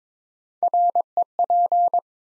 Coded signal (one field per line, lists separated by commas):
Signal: Morse code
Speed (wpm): 22 wpm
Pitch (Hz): 700 Hz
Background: none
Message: REP